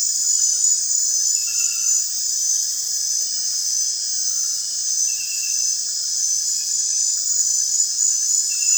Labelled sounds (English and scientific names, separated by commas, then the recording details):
none
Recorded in dense forest near Puerto Asís, Putumayo, Colombia, on 29 June 2025 at 21:30
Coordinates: 0.468, -76.322
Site GP03